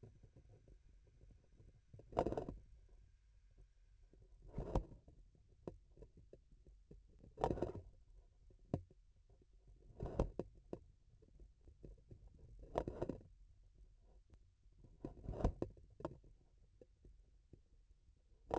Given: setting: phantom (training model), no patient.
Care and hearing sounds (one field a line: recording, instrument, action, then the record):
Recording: laparoscopic instrument, vibration sensor on the handle end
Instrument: grasping forceps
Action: opening and closing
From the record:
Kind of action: tool actuation without material contact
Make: Olympus